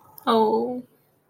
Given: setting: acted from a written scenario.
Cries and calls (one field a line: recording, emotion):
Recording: vocal sound without words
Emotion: adoration